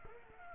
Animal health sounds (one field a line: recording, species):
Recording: mosquito wingbeat signal from an infrared sensor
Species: Culex pipiens